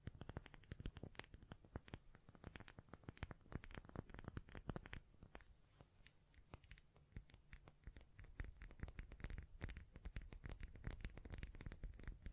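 Dense, irregular tapping and scratching from hands brushing the mic, with sharp clicks throughout and a slightly quieter, sparser patch around six seconds.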